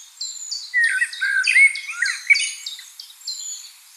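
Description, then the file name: Common blackbird warbled song phrase, soft and mellow with a few squeaky notes, mixed with an evenly repeated high chirping from a second bird. "Turdus merula"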